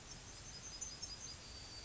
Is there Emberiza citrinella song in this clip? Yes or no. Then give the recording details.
yes. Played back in grassland. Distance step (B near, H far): F. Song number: 058